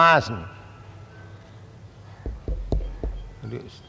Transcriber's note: taps microphone